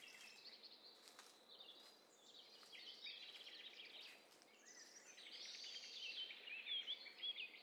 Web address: STEREO BIRD COCKTAIL PARTY Challenge SBCP TESTSET HDBird Cocktail Party